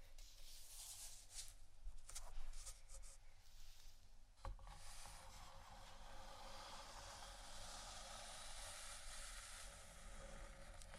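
Scratching and tapping on wooden items, with scattered dry taps clustered in the first four seconds and a sharper knock near four and a half seconds. A steady low rumble and a continuous rough hiss run underneath, the hiss swelling slightly in the second half.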